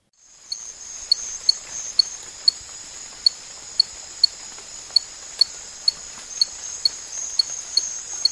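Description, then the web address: Spot-legged poison frog giving short high peeps, roughly two per second and about sixteen in all, over a steady shrill insect drone. Recorded in the Ecuadorian Amazon. "Natures Songs. Frogs of Ecuadorian Amazon Epipedobates pictus"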